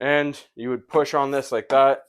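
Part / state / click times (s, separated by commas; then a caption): control board into washer control panel housing / not seated / none. A control board assembly for an LG front load washing machine is pushed into the plastic control panel housing after its tabs are lined up with the slits, while someone talks throughout. Nothing has seated or clicked yet.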